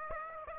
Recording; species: mosquito wingbeat signal from an infrared sensor; Aedes aegypti